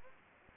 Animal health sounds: mosquito wingbeat signal from an infrared sensor; Anopheles gambiae

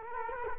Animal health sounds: mosquito wingbeat signal from an infrared sensor; Culex quinquefasciatus

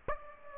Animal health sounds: mosquito wingbeat signal from an infrared sensor; Aedes aegypti

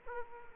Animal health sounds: mosquito wingbeat signal from an infrared sensor; Aedes aegypti

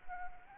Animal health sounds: mosquito wingbeat signal from an infrared sensor; Anopheles arabiensis

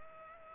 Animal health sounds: mosquito wingbeat signal from an infrared sensor; Culex pipiens

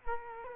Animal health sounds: mosquito wingbeat signal from an infrared sensor; Culex quinquefasciatus

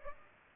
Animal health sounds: mosquito wingbeat signal from an infrared sensor; Culex pipiens

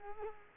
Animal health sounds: mosquito wingbeat signal from an infrared sensor; Culex quinquefasciatus

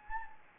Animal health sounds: mosquito wingbeat signal from an infrared sensor; Anopheles gambiae

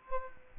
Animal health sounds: mosquito wingbeat signal from an infrared sensor; Culex quinquefasciatus

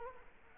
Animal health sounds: mosquito wingbeat signal from an infrared sensor; Culex quinquefasciatus

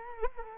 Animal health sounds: mosquito wingbeat signal from an infrared sensor; Culex quinquefasciatus

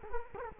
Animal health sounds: mosquito wingbeat signal from an infrared sensor; Culex quinquefasciatus

